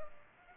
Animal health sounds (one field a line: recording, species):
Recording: mosquito wingbeat signal from an infrared sensor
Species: Culex pipiens